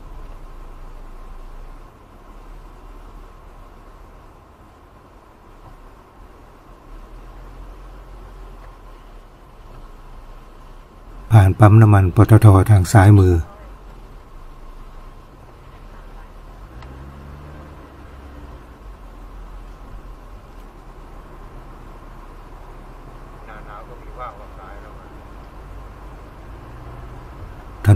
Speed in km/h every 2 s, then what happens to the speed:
61, 60, 59, 59, 61, 62, 62, 60, 60, 64, 64, 65, 66, 69.
0-28 speeds up to 69.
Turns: none.